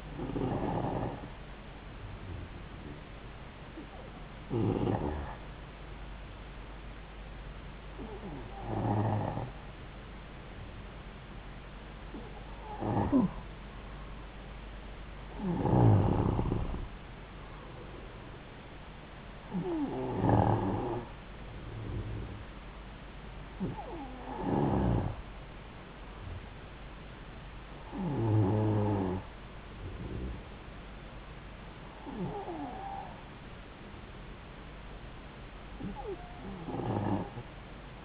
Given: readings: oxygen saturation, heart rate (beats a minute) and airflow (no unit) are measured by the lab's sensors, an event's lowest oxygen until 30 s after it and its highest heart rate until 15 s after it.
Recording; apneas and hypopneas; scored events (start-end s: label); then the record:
breathing in sleep by a voice recorder at the bedside; none
none scored
From the record:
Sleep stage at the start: N2 (light sleep); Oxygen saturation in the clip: 91 to 94%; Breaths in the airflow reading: 10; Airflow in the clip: -3.2 to 3.5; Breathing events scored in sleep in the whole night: 270 in 6.1 hours asleep